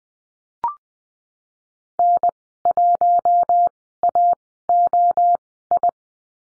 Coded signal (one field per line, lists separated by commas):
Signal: Morse code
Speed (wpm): 20 wpm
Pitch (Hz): 700 Hz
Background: none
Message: N1AOI